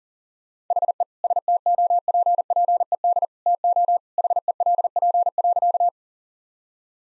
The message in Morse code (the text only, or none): HE STOPPED TO HELP.